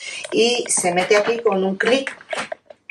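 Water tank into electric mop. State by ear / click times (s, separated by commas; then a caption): not seated / none. A plastic water tank is handled as it is about to be inserted into an electric mop while someone talks. The clip ends before the tank goes in, so nothing has seated or clicked yet.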